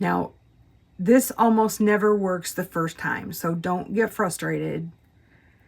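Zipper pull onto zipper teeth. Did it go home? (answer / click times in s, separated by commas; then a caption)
no / none. A zipper pull, metal or plastic, is being pushed down with a finger onto the teeth of a zipper tape, and someone talks throughout. The pull is handled but not yet home; nothing has seated or clicked yet.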